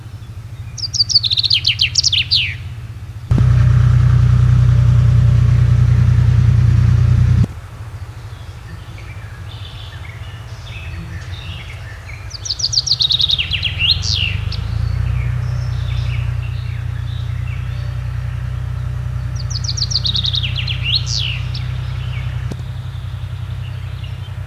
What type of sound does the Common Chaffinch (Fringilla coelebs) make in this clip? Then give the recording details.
song. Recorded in the wild. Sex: male. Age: adult. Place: Schloß Holte-Stukenbrock, Senne, Nordrhein-Westfalen, DE. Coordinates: 51.87, 8.66556. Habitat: farm. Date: 1973. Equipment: Uher 4200 Report Stereo, Bändchenmikro Beyer M 260, Parabolspiegel Polyester (600 mm). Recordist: Conrads, Klaus